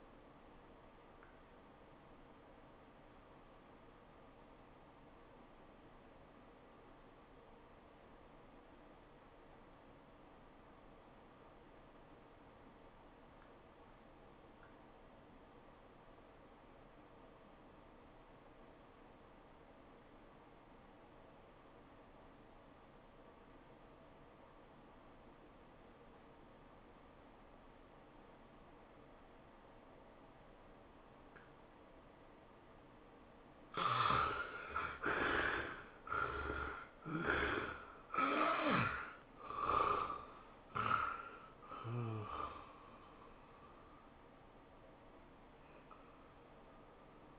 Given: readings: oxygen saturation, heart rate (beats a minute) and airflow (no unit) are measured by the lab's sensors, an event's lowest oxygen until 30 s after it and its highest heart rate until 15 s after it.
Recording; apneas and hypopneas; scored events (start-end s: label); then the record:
breathing in sleep by a voice recorder at the bedside; 1
4.00-34.20 s: obstructive apnea (REM, oxygen 90% highest, then 60% lowest, heart rate 92 at the start, 113 highest)
From the record:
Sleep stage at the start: REM sleep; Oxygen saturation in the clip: 56 to 90%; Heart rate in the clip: 68 to 113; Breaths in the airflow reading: 5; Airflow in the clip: -17.3 to 15.9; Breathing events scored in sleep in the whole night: 403 in 5.5 hours asleep